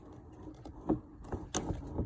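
A roof skylight stay mechanism in a 2021 Buccaneer Aruba caravan is pushed up once more. After a few soft knocks and creaks, the stay clicks sharply into its next open position at 1.6 s, and the skylight stays seated there.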